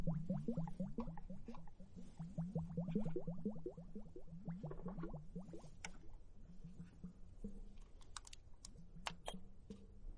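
Foam fizzes and pops in an hourglass, a dense run of tiny crackling bursts over a low bubbling hum. The popping is busiest in the first four seconds, then thins out, leaving scattered sharp clicks and ticks near the end.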